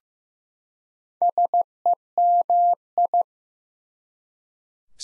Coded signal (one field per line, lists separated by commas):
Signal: Morse code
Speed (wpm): 15 wpm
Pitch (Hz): 700 Hz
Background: none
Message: SEMI